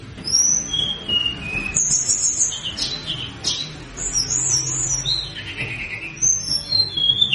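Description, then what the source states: Thin, high flowerpecker whistles and short chittering trills, descending slurs mixed with sharp ticks over soft background hiss. Mountain-flowerpecker song in full, lively voice, played as a lure sound to draw answers from wild birds.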